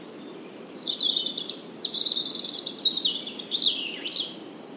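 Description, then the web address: European robin singing a high, thin warbled phrase of sliding whistles and quick trills, running for about three and a half seconds over faint background hiss. "SETE Erithacus rubecula"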